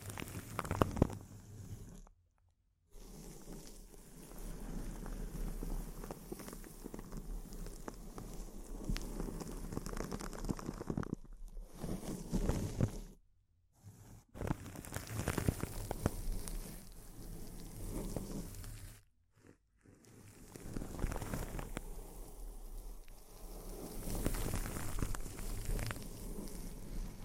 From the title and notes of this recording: ASMR Intense Close-Up Crinkles (No Talking).